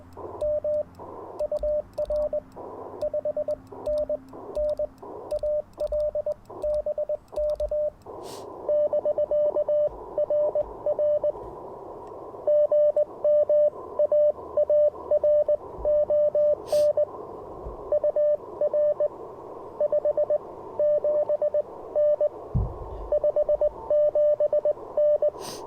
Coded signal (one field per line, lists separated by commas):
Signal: Morse code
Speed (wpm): 20 wpm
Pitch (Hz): 600 Hz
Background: radio noise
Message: M UR 5NN AL BK <BK> RR GM AARON UR 57N 57N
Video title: Morning Morse Code - 10/30/2024